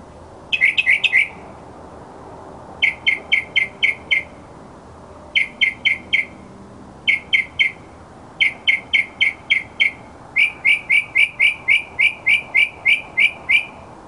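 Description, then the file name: Mockingbird song: rapid bursts of several bright chirps repeated with brief gaps, the last run longer. Mockingbird song recording presented as masteran, a tutor recording for training songbirds. "suara masteran mockingbird"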